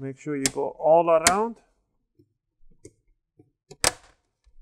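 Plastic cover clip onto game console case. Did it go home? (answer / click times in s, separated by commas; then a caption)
yes / 3.9 s. Someone talks while pressing around the edges of a plastic console cover on an Xbox One S case, followed by a few faint clicks. A sharp, loud snap at 3.9 s marks the cover clips seating into place on the console case.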